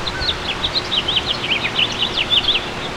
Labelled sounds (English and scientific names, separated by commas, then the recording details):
House Finch (Haemorhous mexicanus) song
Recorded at Great River on Long Island, New York, on 19 June 2013
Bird A